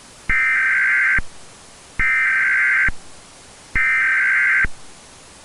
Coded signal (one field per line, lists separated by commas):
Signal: Emergency Alert System (SAME) tones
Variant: header bursts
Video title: ARIZONA EAS